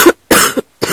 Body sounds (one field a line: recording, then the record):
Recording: coughing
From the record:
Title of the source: 30 Chesty and wet cough